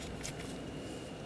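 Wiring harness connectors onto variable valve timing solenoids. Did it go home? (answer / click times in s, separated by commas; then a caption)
no / none. Plastic wiring harness connectors are handled as they are pushed toward the new variable valve timing solenoids on the 2.0L L4 engine of a 2013–2019 Ford Escape. Only low, steady rustling and faint soft handling noise are heard, with a brief bright burst around 0.3 s. Nothing has seated or clicked yet.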